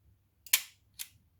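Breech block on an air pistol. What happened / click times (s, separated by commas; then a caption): A spring-loaded metal latch snapped open / 0.5 s. The cocking lever on a 10m match air pistol is operated, and the breech latch releases with a sharp snap at 0.5 s, just after a faint tick, followed by a softer metallic click at 1.0 s. The breech block pops up and is released.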